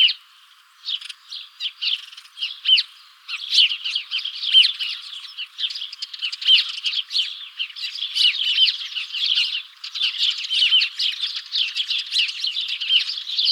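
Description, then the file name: House sparrows chirping in a dense, continuous chatter of overlapping short chirps, with a brief quieter gap near the start before the chorus builds and stays busy. "Passer domesticus"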